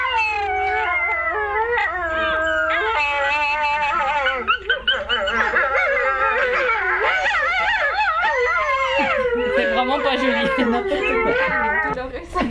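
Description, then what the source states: Gray wolf pups howling together, a cacophonous tangle of wavering, overlapping howls at varied pitches. Wolf pups' first howling attempts, not yet holding the notes; a somewhat cacophonous learning phase.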